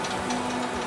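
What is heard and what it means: A bare circuit board is loaded into the conveyor holder of a pick-and-place machine, ready to be clamped. A steady mechanical hum with a low tonal drone runs at an even level throughout. Nothing has seated or clicked yet.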